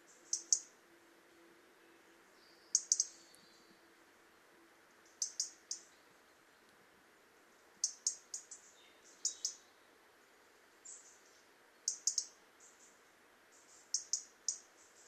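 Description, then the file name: European robin ticking: thin, high clicks in short groups of two or three, spaced irregularly a couple of seconds apart, over a soft steady background hiss. "Erithacus rubecula"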